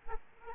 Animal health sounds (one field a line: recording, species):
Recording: mosquito wingbeat signal from an infrared sensor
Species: Aedes aegypti